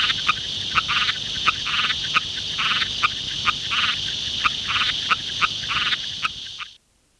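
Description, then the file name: Broad-palmed rocket frog calling: many short notes repeated at uneven intervals over a constant shrill hum, ending abruptly in silence. "Litoria latopalmata"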